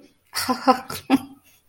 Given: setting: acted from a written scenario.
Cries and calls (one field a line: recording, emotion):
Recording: vocal sound without words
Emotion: amusement